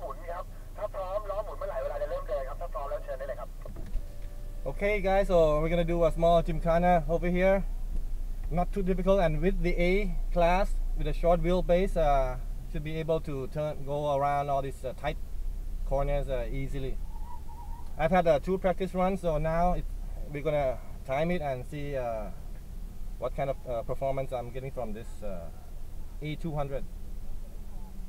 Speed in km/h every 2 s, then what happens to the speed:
0, 0, 0, 0, 0, 0, 4, 4, 4, 0, 0, 0, 0, 0.
0-12 standing. 12-17 steady at about 4. 17-28 standing.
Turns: none.